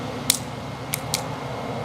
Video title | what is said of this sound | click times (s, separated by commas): Best Practice for Making Tucor 2-Wire Splices | and as I close it you'll actually hear it locked | 0.3 s